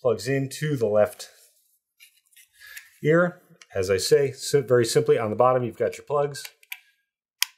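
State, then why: Seated. Someone talks while the detachable cord's plug of a Func HS 260 gaming headset is pushed into the socket on the bottom of the left ear cup. A sharp click at 7.4 s marks the plug snapping into place, seated.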